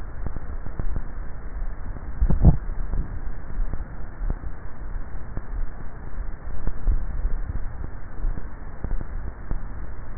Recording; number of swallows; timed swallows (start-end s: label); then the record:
swallowing sounds by neck microphone; 2
2.22-2.98 s: swallow
6.82-7.45 s: swallow
From the record:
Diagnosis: dysphagia